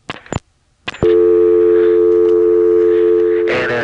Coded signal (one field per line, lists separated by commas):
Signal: telephone call progress tone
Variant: North America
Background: speech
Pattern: dial tone